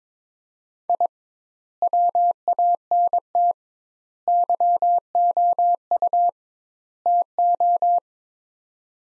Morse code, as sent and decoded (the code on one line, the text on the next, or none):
.. / .-- .- -. - / -.-- --- ..- / - ---
I WANT YOU TO